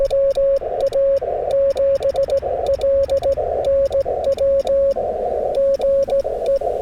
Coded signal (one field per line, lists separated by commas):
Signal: Morse code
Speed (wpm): 17 wpm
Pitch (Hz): 550 Hz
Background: none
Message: WA7LNW GE